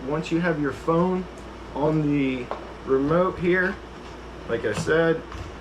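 A smartphone is being handled at the spring clamp phone holder of a Ruko F11GIM2 drone remote controller while someone talks over a low steady background hum. Nothing has seated or clicked yet; the clip ends before the phone snaps into the holder.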